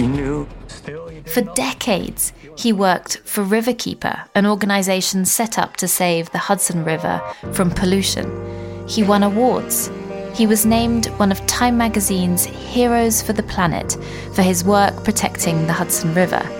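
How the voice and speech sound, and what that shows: Fluent, clear adult narration at an even pace with a steady, normal voice and faint background music.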